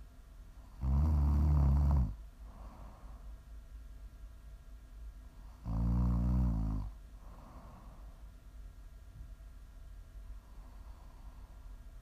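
ASMR snoring from an adult sleeper: two low, rattling snores about five seconds apart, roughly 12 a minute, with quiet breathing between in a still room.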